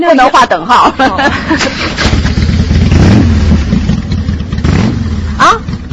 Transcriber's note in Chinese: Enter motorcycle sounds